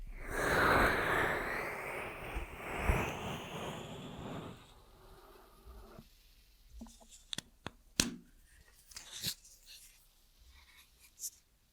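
Ear massage triggers: for the first four or five seconds a dense, swishing rub fills the sound, rising and falling with faint sliding whistly tones on top. After a quieter stretch, sharp scattered taps and clicks come every second or so until the end.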